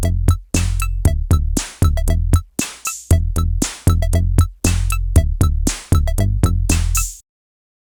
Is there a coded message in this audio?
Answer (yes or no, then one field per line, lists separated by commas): no